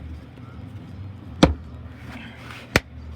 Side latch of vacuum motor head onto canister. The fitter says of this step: all right perfect now you heard the clicks that means it snapped in place